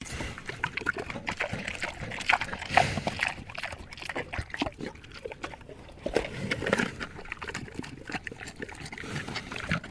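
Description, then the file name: Pig feeding noisily with steady moist munching, crunching bites and occasional louder slurping bursts. Landrace breed domestic pig eating peaches. "ANIMAL PIG LANDRACE PEACHES EATING"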